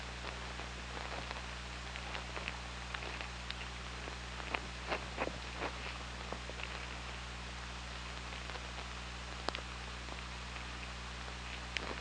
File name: Orca Lab UTLN JASON 20170824 211828 h 3 PI ORCALABDYNI